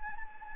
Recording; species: mosquito wingbeat signal from an infrared sensor; Anopheles gambiae